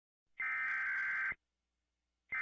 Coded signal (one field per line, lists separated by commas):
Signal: Emergency Alert System (SAME) tones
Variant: header bursts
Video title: ThisIsNotATest EAS and EBS Mock Videos - Season 2